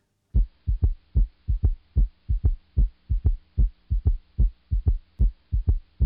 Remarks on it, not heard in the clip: Gallop rhythm. This can be normal, but if you hear it in the setting of a patient with a clinical picture consistent with heart failure, it probably represents significant underlying left ventricular dysfunction, where the left atrial pressure has increased to such a degree that you get this rapid ventricular filling in early diastole soon after the second heart sound. It's pretty specific, actually, but not particularly sensitive for heart failure.